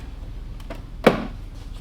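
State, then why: Seated. A plastic cover piece is lined up by its lips at the bottom and side and pressed into its slot on the body of a Raptor mobility scooter during assembly. After a faint tick at 0.6 s, a sharp snap is heard at 1.1 s as the piece pops into place and seats.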